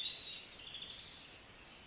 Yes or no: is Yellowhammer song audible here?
no